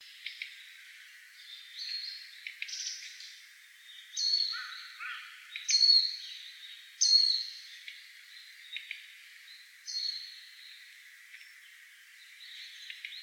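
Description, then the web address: Japanese white-eye calls: thin, high chirps and short buzzy notes at irregular intervals, several louder ones near the middle, with a faint hiss of background noise. Recorded 12 December 2016. "birdenaga mejiro"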